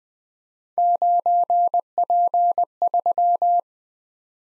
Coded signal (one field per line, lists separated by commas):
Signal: Morse code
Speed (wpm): 21 wpm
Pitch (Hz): 700 Hz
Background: none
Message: 9P3